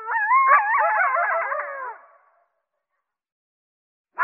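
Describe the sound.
Coyote howling, several wavering, yipping tones overlapping for about two seconds, followed by silence and a short burst at the end.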